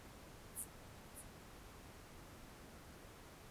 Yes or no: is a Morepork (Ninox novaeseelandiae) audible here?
no